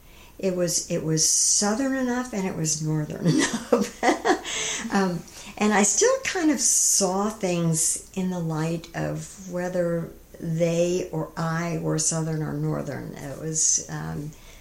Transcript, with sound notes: It was southern enough and it was northern enough. [laughter] And I still kind of saw things in the light of whether “they” or “I” or “southern” or “northern,” it was a